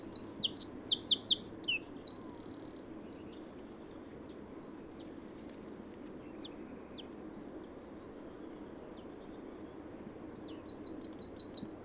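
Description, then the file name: Eurasian wren song, a burst of high twittering ending in a short trill, a long quiet stretch, then rapid repeated high notes at the end. "Troglodytes troglodytes"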